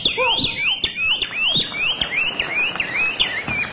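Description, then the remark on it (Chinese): A person imitates a bird call with a rapid series of high, swooping whistled chirps, about nine in a row, steady and fairly loud, with a warbling, almost siren-like quality and no talking. “你给我学个鸟叫的。”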